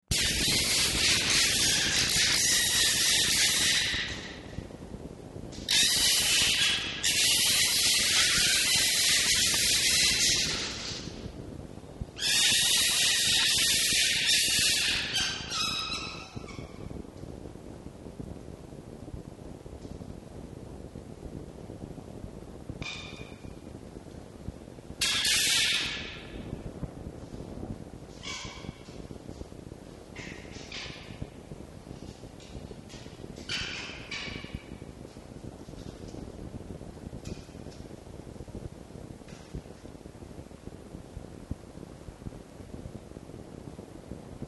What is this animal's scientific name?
Vulpes vulpes